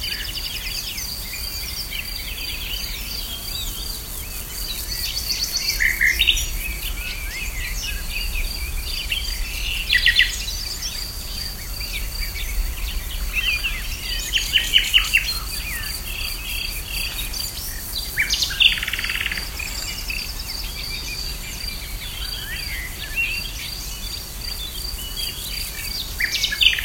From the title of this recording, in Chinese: 匈牙利佩斯县加尔盖维兹